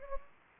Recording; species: mosquito wingbeat signal from an infrared sensor; Anopheles gambiae